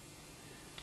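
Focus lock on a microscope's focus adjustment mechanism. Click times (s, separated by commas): 0.8 s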